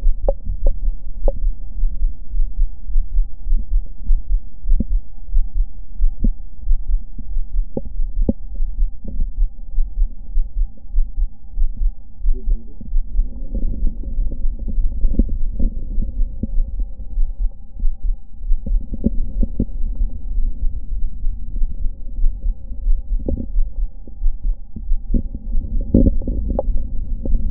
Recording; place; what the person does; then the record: lung sounds by stethoscope; left anterior apical chest; quiet breathing, then deep breathing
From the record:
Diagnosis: none (healthy); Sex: male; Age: 23 years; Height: 185 cm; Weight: 93 kg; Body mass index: 27.2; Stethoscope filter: diaphragm mode